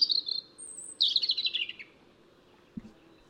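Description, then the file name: European robin song: a short warble, a thin high whistle, then a descending series of rapid twittering notes, followed by one soft low thump. "Erithacus rubecula"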